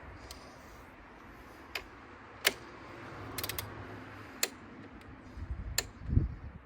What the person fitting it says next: Can you hear that? Click.